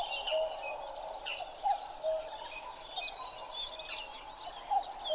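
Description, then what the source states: Common cuckoo's falling two-note call heard a few times amid a thick wash of twittering, chirping songbirds. Recorded 12 June 2011 at 03:53.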